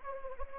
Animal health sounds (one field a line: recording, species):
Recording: mosquito wingbeat signal from an infrared sensor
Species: Anopheles gambiae